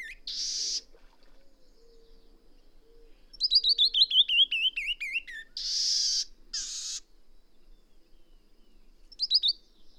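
Bird singing: a buzzy rasp, a single cascade of quick whistled notes descending steadily, then two more harsh bursts and a brief whistle at the close.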